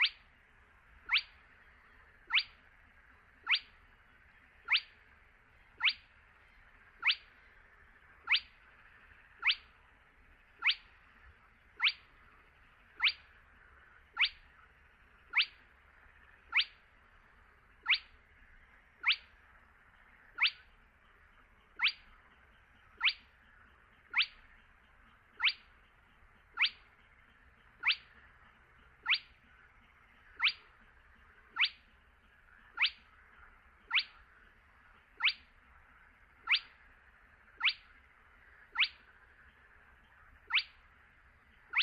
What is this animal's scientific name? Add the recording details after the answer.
Porzana porzana. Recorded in the wild. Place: Kützerhof, Kummerower See, Mecklenburg-Vorpommern, DE. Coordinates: 53.8522, 12.8731. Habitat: wetland. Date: 2009-06-19. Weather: leicht bewölkt, windstill, ca. 15 °C. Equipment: Sound Devices 702, Sennheiser MKH 70, Popschutz. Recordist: Frommolt, Karl-Heinz